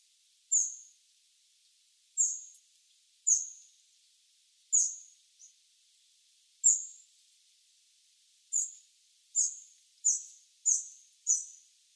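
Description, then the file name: Eurasian wren calls: sharp high ticks at uneven spacing, quickening into a rapid series of ticks in the last four seconds. "Troglodytes troglodytes"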